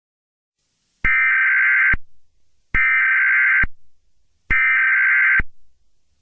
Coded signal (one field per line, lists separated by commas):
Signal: Emergency Alert System (SAME) tones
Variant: header bursts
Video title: Eas scenario 5 swamp monster